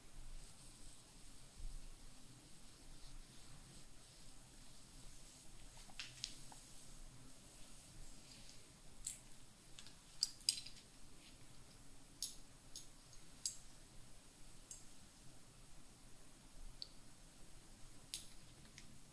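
Close, quiet scratching and rubbing on a scalp and hair, with soft squishy oily sounds. Short bright scratches and crackles come in irregular bursts, denser between ten and fourteen seconds, over a low steady hum in a small, quiet room.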